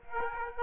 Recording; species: mosquito wingbeat signal from an infrared sensor; Aedes aegypti